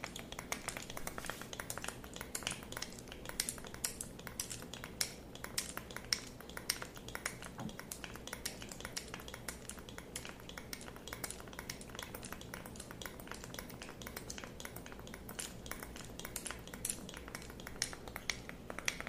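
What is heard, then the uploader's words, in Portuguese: Fast, dense tapping runs nonstop for the whole stretch, a quick patter of crisp clicks with no pauses. The taps sound bright with a hard, clattery edge, like fingertips or nails on small objects, over a faint low hum. ASMR com muito tapping.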